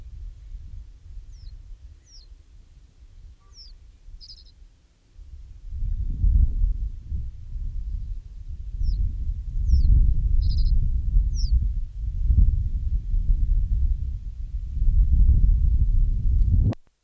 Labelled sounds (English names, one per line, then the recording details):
Reed Bunting song
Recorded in the wild
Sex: male
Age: adult
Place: Damme, OT Dümmerlohausen, Niedersachsen, DE
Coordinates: 52.5333, 8.28333
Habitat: lake
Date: 1970-05-18
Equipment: Uher 4000 Report-S, Bändchenmikro Beyer M 260, Parabolspiegel Polyester (470 mm)
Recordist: Conrads, Klaus